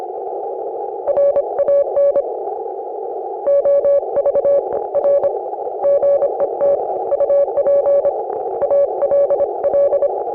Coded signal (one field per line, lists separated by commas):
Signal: Morse code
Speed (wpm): 26 wpm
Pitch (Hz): 560 Hz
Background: none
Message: RAN OVR GET UP ALL